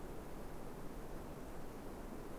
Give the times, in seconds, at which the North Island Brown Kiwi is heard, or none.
none